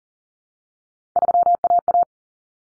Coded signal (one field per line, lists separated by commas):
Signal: Morse code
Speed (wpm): 40 wpm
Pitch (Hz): 700 Hz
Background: none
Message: 3AA